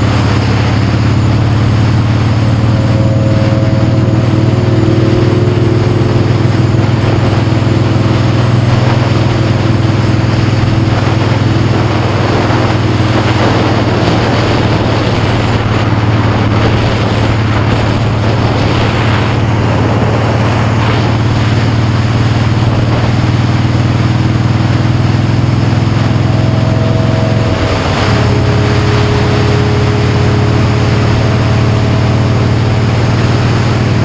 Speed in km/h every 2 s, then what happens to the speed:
53, 53, 56, 60, 61, 55, 55, 58, 52, 53, 53, 58, 61, 63, 66, 68, 66.
0-5 speeds up to 60. 5-21 steady at about 55. 21-34 speeds up to 66.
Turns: none.